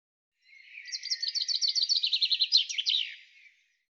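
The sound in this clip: Bird song: a faint lead-in, then a fast run of repeated high chirps ending in a few louder falling slurred notes.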